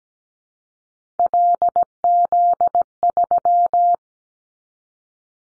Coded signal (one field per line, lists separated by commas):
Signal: Morse code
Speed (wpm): 17 wpm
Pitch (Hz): 700 Hz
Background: none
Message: LZ3